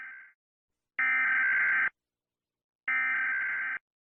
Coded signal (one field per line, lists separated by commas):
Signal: Emergency Alert System (SAME) tones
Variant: header bursts